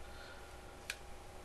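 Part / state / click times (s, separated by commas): folding spoon into the locking hinge of a multi-utensil / seated / 0.9 s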